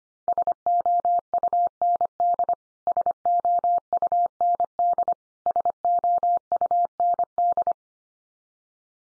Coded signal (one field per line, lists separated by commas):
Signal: Morse code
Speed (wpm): 25 wpm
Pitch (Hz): 700 Hz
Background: none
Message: SOUND SOUND SOUND